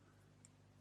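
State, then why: Not seated. During reassembly of an Ultimate Modelling Products Apex Airbrush, the metal barrel is dropped into the airbrush body and turned counter-clockwise. A steady low hum runs throughout, with one faint, brief high-pitched tick at about 0.5 s. The barrel has not seated or clicked into place yet.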